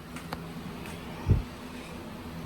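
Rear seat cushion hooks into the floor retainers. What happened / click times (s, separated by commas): A seat cushion hook snapped into its clip / 0.3 s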